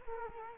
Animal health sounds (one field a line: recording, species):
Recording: mosquito wingbeat signal from an infrared sensor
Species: Culex quinquefasciatus